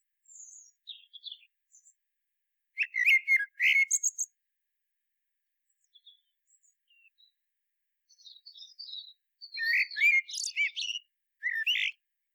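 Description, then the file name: Common blackbird song: brief high notes, then loud fluty warbled phrases with high squeaky flourishes, a quiet stretch of soft notes, and a final rich phrase. "Turdus merula"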